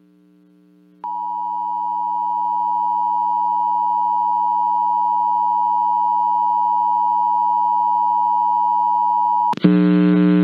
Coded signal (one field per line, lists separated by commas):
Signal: Emergency Alert System (SAME) tones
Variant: 853 and 960 Hz attention tone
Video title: EAS Required Monthly Test Rochester, New York +WeatherSTAR4000